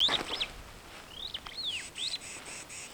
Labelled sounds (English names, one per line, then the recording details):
Superb Starling flight call
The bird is a male
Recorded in Kenya on 5 July 2010
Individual 99, of group SRB2